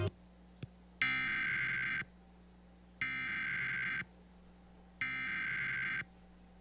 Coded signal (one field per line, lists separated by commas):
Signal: Emergency Alert System (SAME) tones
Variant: header bursts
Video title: Emergency Alert System interrupts peaceful stream